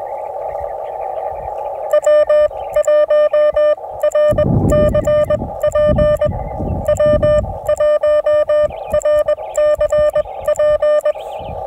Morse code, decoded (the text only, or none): W1RCP W1RCP